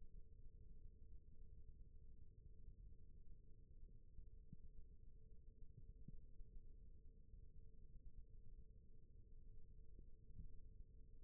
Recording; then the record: forearm muscle sounds (acoustic myography)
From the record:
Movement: rest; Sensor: system 1, eight BSWA MPA416 microphones around the upper forearm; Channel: 4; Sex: male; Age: 21 years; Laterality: right